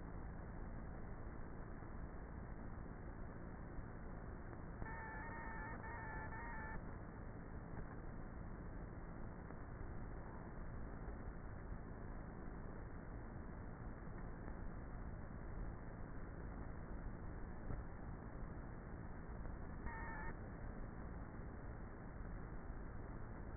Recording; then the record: honeybee colony, microphone inside the hive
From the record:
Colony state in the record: queenless with a low population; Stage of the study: before two queens were removed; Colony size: about 30,000 bees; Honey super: no